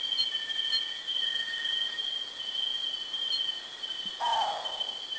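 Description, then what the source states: Philippine frogmouth uttering one brief, rasping, downslurred note near the end, set against continuous shrill insect buzzing. Recorded at Kitanglad, Philippines, in 2010.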